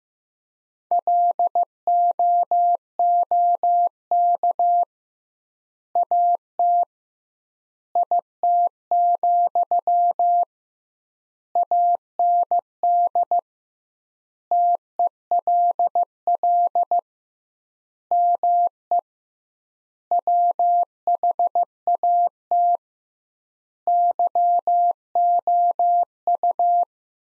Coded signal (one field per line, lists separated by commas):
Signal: Morse code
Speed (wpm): 16 wpm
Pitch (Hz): 700 Hz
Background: none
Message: LOOK AT IT, AND TELL ME WHAT YOU